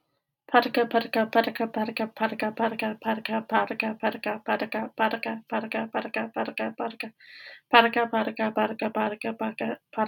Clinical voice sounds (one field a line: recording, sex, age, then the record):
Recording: repeated syllables /pa ta ka/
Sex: female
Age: 20 to 29 years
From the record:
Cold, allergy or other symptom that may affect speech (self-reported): no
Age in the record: 25 years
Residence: Georgia, United States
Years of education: 13